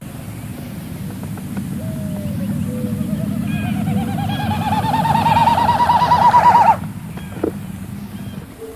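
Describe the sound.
Wilson's snipe winnowing: a pulsing, quavering hum that climbs steadily in pitch and grows louder before cutting off, over a low rumbling background.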